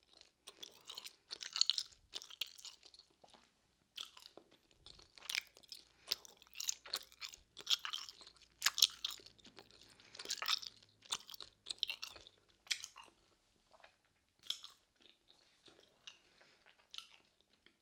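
Gum chewing and other mouth sounds come as short, wet clicks and crackles in irregular bursts, bunched thickly between about 1 and 13 seconds and sparser afterward. The sounds are bright and crisp with little low end, separated by brief silences.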